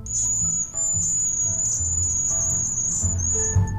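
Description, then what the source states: Cedar Waxwing giving a thin, very high continuous trill that wavers slightly in pitch throughout, over a soft low rumble. Vocalizations are variations of a high-pitched trilling call; the species has no real song.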